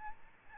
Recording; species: mosquito wingbeat signal from an infrared sensor; Aedes albopictus